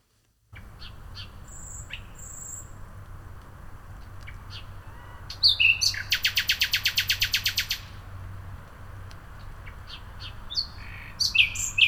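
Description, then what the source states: Nightingale song: scattered high whistles, then a loud rapid series of repeated sharp notes, over steady low rumbling background noise. Recorded at Haagsteeg, Wageningen; the recordist's very first recording, a trial with a borrowed microphone, with unwanted background sounds left in.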